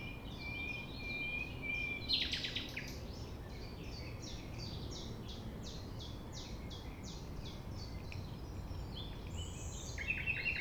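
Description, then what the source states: Common nightingale song: a drawn-out pure whistle, then a fast run of repeated clipped notes continuing throughout, over low rumbling noise. Recorded at 6 A.M. at sunrise near the Thève, Champ de Ménage; the nightingale sings without waiting for silence.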